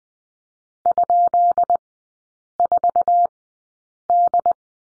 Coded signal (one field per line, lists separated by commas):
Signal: Morse code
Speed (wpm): 20 wpm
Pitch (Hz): 700 Hz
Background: none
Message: ?4D